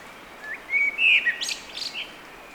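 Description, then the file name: Blackbird delivering a short fluting warble with a strong central whistle, then a faint squeaky twitter tailing off. "Turdus merula"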